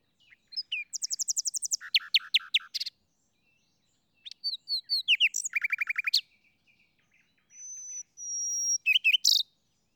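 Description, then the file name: Common nightingale song opening with a rapid trill of repeated notes, a pause, another fast repeated series, then a long drawn-out pure whistle and a final flourish. "Luscinia megarhynchos"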